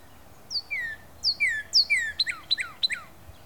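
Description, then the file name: Northern cardinal song: a few clear, down-slurred whistles, then a quicker run of sharply falling notes, with faint hiss behind. Recorded in late February 2012. "Cardinal Singing Late February 2012"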